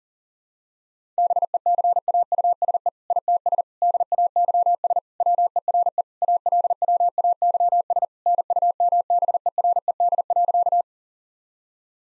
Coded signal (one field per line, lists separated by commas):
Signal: Morse code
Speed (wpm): 40 wpm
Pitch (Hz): 700 Hz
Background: none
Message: BECAUSE ITS DAYS WERE ALWAYS NUMBERED.